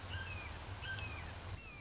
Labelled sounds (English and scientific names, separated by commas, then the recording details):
Red-shouldered Hawk (Buteo lineatus)
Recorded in Sonoma County, California